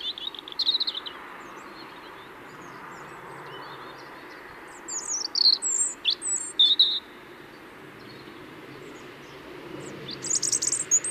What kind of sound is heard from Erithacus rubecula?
song